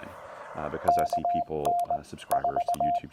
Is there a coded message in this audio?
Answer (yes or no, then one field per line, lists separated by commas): yes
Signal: Morse code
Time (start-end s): 0.9-3.0 s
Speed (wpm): 20 wpm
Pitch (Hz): 690 Hz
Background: speech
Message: KN 4